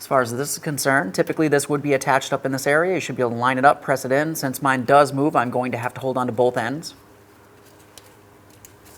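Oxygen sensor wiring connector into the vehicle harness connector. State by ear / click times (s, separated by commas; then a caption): seated / 8.0 s, 8.7 s. Someone talks for about 7 seconds while holding both ends of the plastic electrical connector for the downstream oxygen sensor on a 2008-2016 Chrysler Town & Country 3.8L V6, because the connector moves and cannot simply be pressed into its mounting spot. After the talking stops, the hand squeezes the sensor's wiring connector into the vehicle harness connector, and sharp clicks at 8.0 s and 8.7 s mark it seating together.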